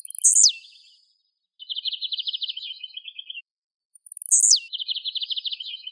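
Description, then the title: Bird song: a sharp high descending note followed by a fast buzzy trill, the phrase repeated after a pause. "LuckyPassaros CompletosSama"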